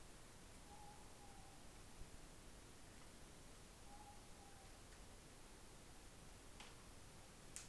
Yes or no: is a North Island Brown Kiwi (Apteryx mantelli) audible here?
no